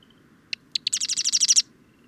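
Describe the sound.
Bird song: three sharp introductory notes, then a quick run of about ten high, buzzy trilled notes that gets slightly louder before ending.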